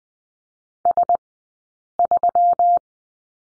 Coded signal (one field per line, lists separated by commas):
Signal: Morse code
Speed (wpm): 20 wpm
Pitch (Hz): 700 Hz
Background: none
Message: S3